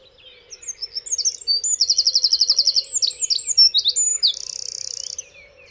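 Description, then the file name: Eurasian wren song, a loud, high rush of rapid trills and sharp notes that ends in a fast, even rattle, over a steady low hum. "ökörszem-hangja"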